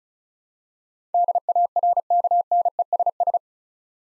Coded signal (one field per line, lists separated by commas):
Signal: Morse code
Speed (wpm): 34 wpm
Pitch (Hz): 700 Hz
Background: none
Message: DARKNESS